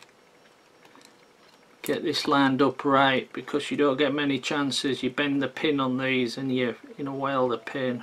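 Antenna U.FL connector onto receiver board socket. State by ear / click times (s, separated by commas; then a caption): not seated / none. During a TANGO 2 whoop upgrade, a UHF antenna's U.FL plug is handled and lined up over the receiver board socket before being pushed home, with care taken to avoid bending the pin. A few faint ticks occur in the first second, then someone talks. Nothing has seated or clicked yet.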